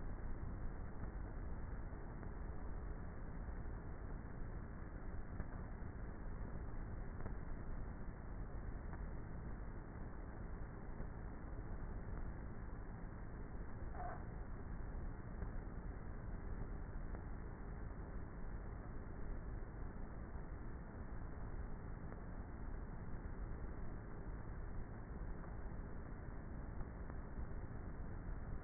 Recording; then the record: honeybee colony, microphone inside the hive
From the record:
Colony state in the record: queenless with a low population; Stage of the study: before two queens were removed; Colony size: about 30,000 bees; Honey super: no